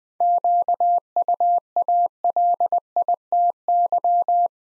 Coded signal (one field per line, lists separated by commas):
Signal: Morse code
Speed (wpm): 20 wpm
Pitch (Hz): 700 Hz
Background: none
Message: QUALITY